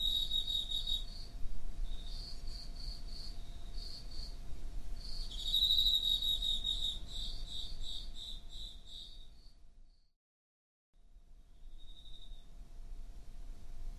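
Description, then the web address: Cricket chirping: quick runs of shrill pulses repeat over several seconds, then a silent break, and a faint chirp resumes against low background rumble. "Hoerbeispiele Grillen"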